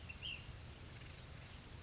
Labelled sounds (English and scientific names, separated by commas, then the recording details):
Ash-throated Flycatcher (Myiarchus cinerascens)
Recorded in Sonoma County, California